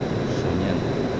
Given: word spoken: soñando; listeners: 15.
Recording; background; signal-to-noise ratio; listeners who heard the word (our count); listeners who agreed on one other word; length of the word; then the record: one Spanish word in noise, from a listening test; speech-shaped noise; -4.8 dB; 0 of 15; 7 of 15; 0.80 s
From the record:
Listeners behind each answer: 7, 3, 3, 1, 1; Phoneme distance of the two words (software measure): 34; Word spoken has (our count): 3 syllables, 7 phonemes, stress on syllable 2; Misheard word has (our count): 2 syllables, 5 phonemes, stress on syllable 2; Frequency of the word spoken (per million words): 5.94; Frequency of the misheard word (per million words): 12.39